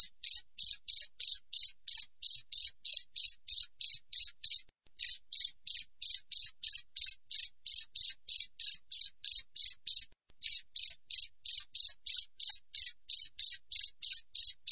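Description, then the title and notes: Cricket chirping, a clean pulsed tone repeated about three times a second in a steady run, with brief pauses near five and ten seconds; no other sounds. Clear wild cricket chirping with closely spaced pauses. "Jangkrik Alam Jernih, Jeda Rapat. suara jangkrik"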